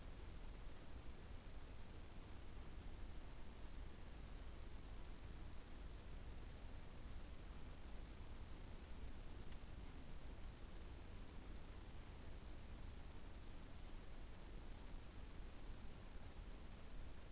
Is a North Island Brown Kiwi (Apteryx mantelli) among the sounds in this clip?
no